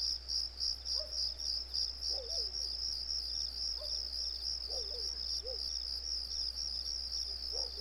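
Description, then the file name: Crickets give steady shrill pulsed chirps, several each second, while faint lower warbling notes come and go beneath them and a low hum persists. Recorded on a residential street. "Residential Street With Crickets"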